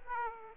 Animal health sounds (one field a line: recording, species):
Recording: mosquito wingbeat signal from an infrared sensor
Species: Aedes aegypti